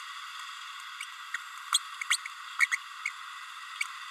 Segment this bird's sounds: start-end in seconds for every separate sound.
1.34-1.37, 1.73-1.78, 2.10-2.17, 2.60-2.67, 2.71-2.77